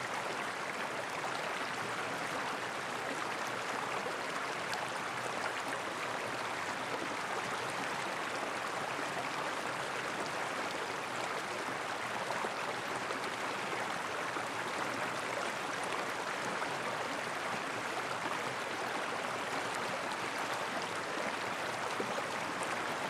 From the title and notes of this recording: Stream flows softly. While hiking along the unexplored paths of Lengarica Canyon in Albania, one cannot help but be awestruck by the gentle murmur of small river streams. Recorded by Rafael Diogo.